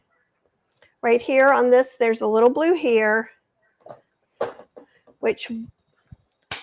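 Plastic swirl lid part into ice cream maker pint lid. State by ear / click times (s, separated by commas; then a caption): seated / 6.5 s. Someone talks while the plastic swirl lid/outlet part of a Ninja Creami ice cream maker is pushed into position on the pint lid, with a few soft handling taps in between. At 6.5 s it locks into place with a loud, sharp click, seated.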